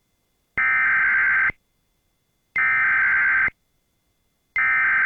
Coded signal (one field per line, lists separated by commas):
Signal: Emergency Alert System (SAME) tones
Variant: header bursts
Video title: EAS 1628: NWS Lubbock CONFIRMED Tornado Warning